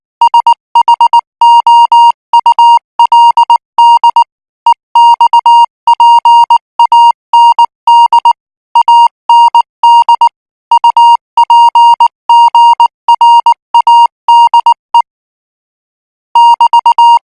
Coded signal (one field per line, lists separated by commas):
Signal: Morse code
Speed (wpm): 19 wpm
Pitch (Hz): 940 Hz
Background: music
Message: SHOULD EXPAND AND UPGRADE <BT>